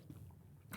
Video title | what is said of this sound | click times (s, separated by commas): 22 Year NAVY SEAL Discusses His First Knife Kill In Afghanistan- PPS EP1 | this knife looks pretty scary right it comes out you hear it click | 0.7 s